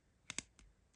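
The filler knob at the end of a snorkel fountain pen barrel is unscrewed to extend the snorkel, turning until it clicks open. Two sharp, bright clicks sound at 0.3 s and 0.4 s, followed by a fainter tick near 0.6 s. The knob is released open.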